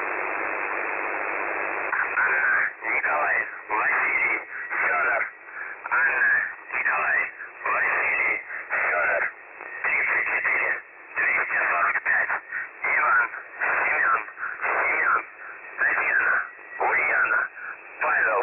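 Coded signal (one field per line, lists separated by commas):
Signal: numbers station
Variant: UVB-76, Russian voice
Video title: The Buzzer/UVB-76 Voice Message (December 4, 2020 10:12 UTC)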